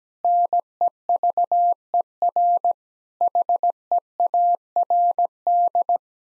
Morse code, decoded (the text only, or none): NEVER HEARD